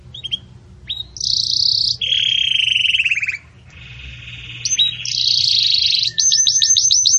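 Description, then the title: Belgian canary song of long rolling trills at changing pitches, separated by brief breaks, ending with a fast series of repeated upswept chirps. Belgian canary singing in the campainha (bell) song style, for tutoring chicks. "Belíssimo Canto Do Canário Belga Campainha Para Encarte De Filhotes"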